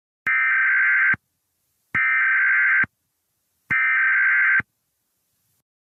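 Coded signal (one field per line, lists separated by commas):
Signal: Emergency Alert System (SAME) tones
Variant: header bursts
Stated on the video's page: Fictional EAS scenario.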